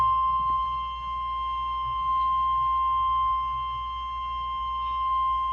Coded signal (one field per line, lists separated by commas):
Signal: Emergency Alert System (SAME) tones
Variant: 1050 Hz attention tone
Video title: EAS - TORNADO EMERGENCY - ALLENDALE COUNTY SC